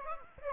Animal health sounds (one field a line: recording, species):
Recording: mosquito wingbeat signal from an infrared sensor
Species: Aedes aegypti